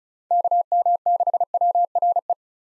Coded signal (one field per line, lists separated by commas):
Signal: Morse code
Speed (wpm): 46 wpm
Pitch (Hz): 700 Hz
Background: none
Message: KM6WRE